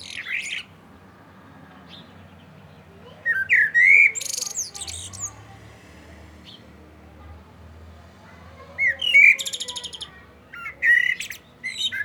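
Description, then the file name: Common blackbird song: several separate phrases of mellow whistles, each closing with high thin twittering, spaced by long pauses. "Turdus merula"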